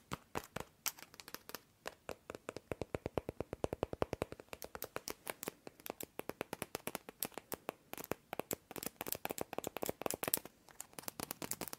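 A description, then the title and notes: Long fingernails tap in quick, sharp clicks, a dense and fairly regular stream of bright, crisp hits across the whole twelve seconds. The pace picks up into rapid runs in places, with brief gaps and a few scratchy, crackling strokes between the taps. Tapping and Scratching with LONG NAILS.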